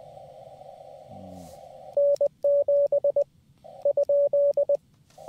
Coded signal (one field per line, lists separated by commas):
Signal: Morse code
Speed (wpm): 20 wpm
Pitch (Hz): 570 Hz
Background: none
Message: N7 ?